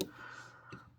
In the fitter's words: Pops in. Everything looks good.